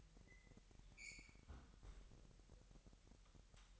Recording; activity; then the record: daily activity, microphone in the room; close fridge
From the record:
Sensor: 3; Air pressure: 1001.9 hPa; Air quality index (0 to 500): 247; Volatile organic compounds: 51 ppm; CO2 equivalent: 3311 ppm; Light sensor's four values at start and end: 12/36/15/13 and 12/36/15/13